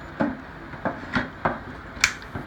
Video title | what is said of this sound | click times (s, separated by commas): Relocation of Power Mounting Bracket | you'll hear it click and it locks | 2.0 s